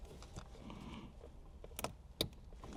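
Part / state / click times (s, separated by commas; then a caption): amplifier harness connector into vehicle radio harness connector / seated / 2.2 s. The larger plastic harness connector of a Beat-Sonic Encore Alpha amplifier is pushed into its mating radio harness connector behind the radio in a Toyota Tundra. Low handling noise and a couple of small ticks near 1.8 s lead to a sharp click at 2.2 s. The connector is seated and connected all the way.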